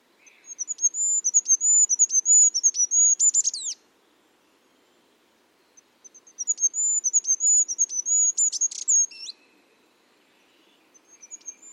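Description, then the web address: Bird song in two long bursts of very high, rapid, stuttering notes, each ending in sharp descending sweeps. "cianscape. Deverinetal 2025. Bird Only"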